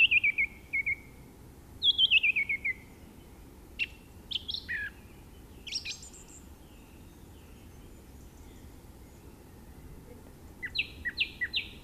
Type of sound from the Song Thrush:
song